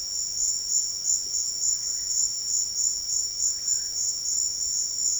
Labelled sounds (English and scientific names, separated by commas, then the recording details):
none
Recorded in secondary vegetation near Puerto Asís, Putumayo, Colombia, on 12 March 2025 at 13:30
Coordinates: 0.488, -76.319
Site G095